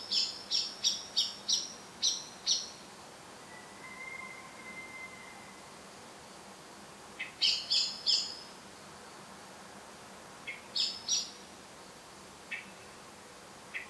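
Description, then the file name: Eurasian blackbird giving bursts of sharp, high clicking calls in quick runs, with a thin drawn-out whistle in between and a quiet hum underneath. "Turdus merula"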